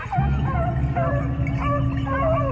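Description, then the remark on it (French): A pack of about a dozen pedigree beagles in a garden enclosure barks and bays at once, overlapping yips and high wavering howls forming a loud, continuous clamor with no pause. “Les animaux aboient dans leur enclos”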